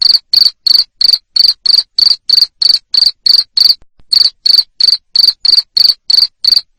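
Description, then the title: Cricket giving loud, piercing chirps at a quick steady pace, around three per second, with one short break. Loud cricket chirping played to make lovebirds keep singing. "Suara JANGKRIK NGERIK Keras Bikin LOVEBIRD Jadi NGEKEK Terus Vubey"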